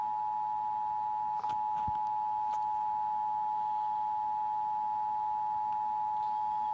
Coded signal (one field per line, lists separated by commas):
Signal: Emergency Alert System (SAME) tones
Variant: 853 and 960 Hz attention tone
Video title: KNXV ABC 15 National Emergency Alert System Test 11:20am September 28, 2016